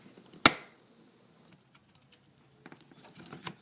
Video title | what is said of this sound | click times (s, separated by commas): DIY How To Install GM Fog Lights 2010 2011 2012 Chevy Equinox | toward pushing towards you uh you'll hear the fog light s snap into place | 0.5 s